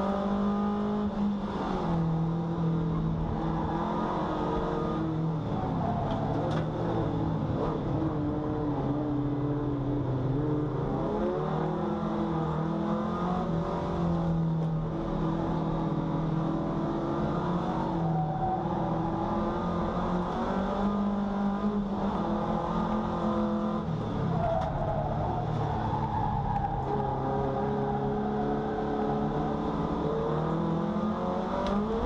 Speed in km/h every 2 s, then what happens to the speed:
108, 88, 87, 60, 50, 56, 74, 64, 68, 64, 82, 92, 66, 51, 56, 76.
0-8 brakes to 50. 8-12 speeds up to 74. 12-18 steady at about 64. 18-21 speeds up to 92. 21-27 brakes to 51. 27-32 speeds up to 76.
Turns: 0-11, 11-15, 17-20, 23-32.